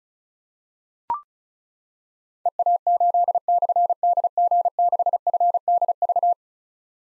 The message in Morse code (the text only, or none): EA8/DG6FDV